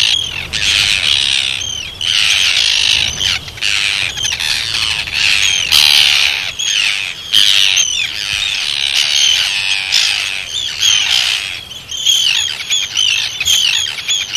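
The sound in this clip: Arctic tern rasping cries in a steady stream of harsh, scratchy bursts with quick chattering notes, barely pausing over the whole stretch.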